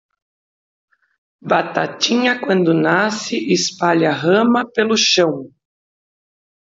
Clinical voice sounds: short text; Brazilian Portuguese; female; 40 to 49 years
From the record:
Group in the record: control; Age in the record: 46 years

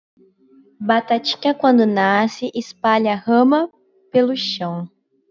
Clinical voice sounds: short text; Brazilian Portuguese; female; 18 to 19 years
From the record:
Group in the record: control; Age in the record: 19 years

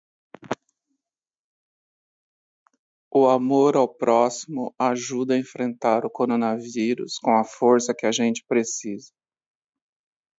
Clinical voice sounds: spoken sentence; Brazilian Portuguese; male; 40 to 49 years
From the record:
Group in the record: control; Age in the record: 49 years

